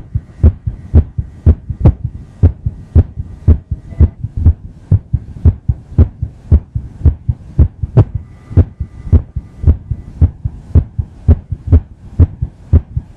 Irregular Heartbeat.